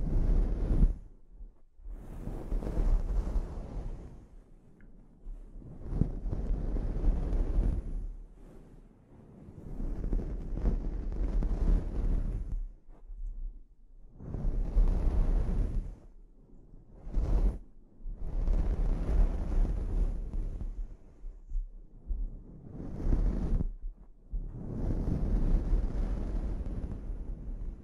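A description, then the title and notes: Scalp treatment: repeated rough, low rubbing and swishing strokes lasting a few seconds each, separated by brief quiet pauses, with a faint high hiss. ASMR Sleep Inducing Scalp Treatment (No Talking).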